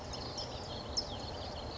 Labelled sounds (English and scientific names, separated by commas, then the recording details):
California Towhee (Melozone crissalis)
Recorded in Sonoma County, California